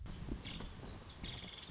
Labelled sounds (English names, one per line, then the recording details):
Nuttall's Woodpecker
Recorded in Sonoma County, California